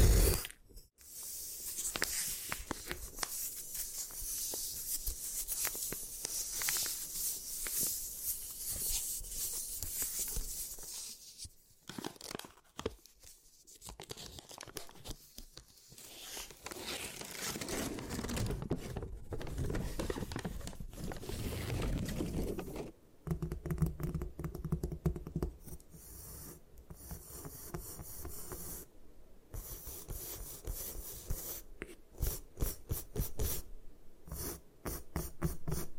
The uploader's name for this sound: Destroy Gym Chalk